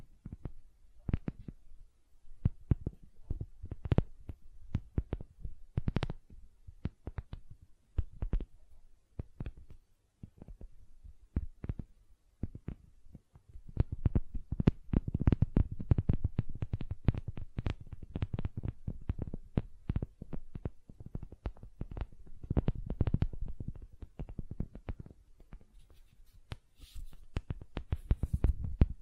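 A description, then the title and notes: Gentle silicone sounds: soft, low thumping taps and squishes come irregularly, growing denser and busier from about the midpoint onward. ASMR Gentle Silicon Sounds for Sleep (No Talking).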